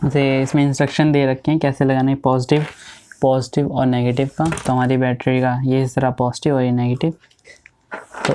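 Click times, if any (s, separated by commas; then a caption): 8.2 s. A button cell battery is pushed into the battery holder of a Boya BY-M1 lavalier microphone's power pack. Someone talks through most of the clip, then a short sharp hit is heard at 8.3 s as the cell seats in the holder.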